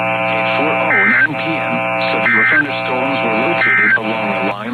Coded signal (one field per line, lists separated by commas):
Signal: Emergency Alert System (SAME) tones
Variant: end-of-message bursts